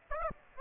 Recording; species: mosquito wingbeat signal from an infrared sensor; Aedes aegypti